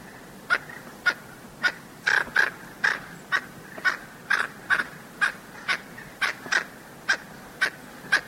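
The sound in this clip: Blue-banded toucanet uttering hoarse, clipped croaks about two per second, a couple of doubled notes, over a quiet hissy background.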